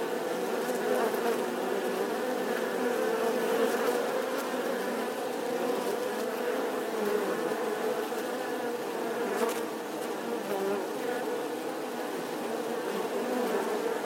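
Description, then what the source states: Honey bee swarm droning continuously, a busy wash of many overlapping buzzes. Bee swarm buzzing outside the hive.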